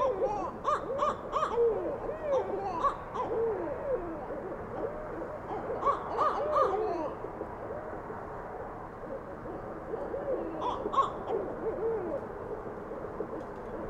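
Barred owls call back and forth in loud, excited bursts of hooting and cackling, with rising and falling whoops packed densely through the first seven seconds and again near the eleven-second mark. Between outbursts, softer calls continue over a low steady rumble.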